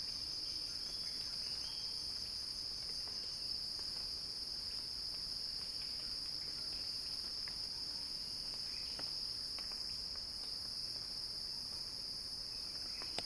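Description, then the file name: Cicadas droning continuously in a shrill, even buzz that never pauses, with a few faint chirps and ticks in the background. Cicada song described as a crescendo. "earth-fm Axel-Drioli Cicada-Crescendo-Sounding-Wild"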